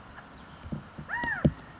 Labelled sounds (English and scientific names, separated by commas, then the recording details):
California Quail (Callipepla californica)
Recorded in Sonoma County, California